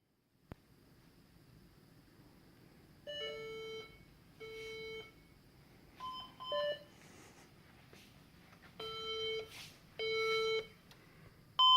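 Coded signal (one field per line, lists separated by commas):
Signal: beep code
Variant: HP EliteDesk 800 G2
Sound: several steady buzzy beeps, mostly in pairs, plus a few short higher-pitched beeps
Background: quiet room hum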